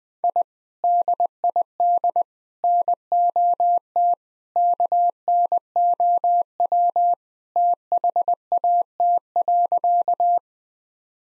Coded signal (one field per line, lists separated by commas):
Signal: Morse code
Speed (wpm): 21 wpm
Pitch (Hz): 700 Hz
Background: none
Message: I DID NOT KNOW THAT.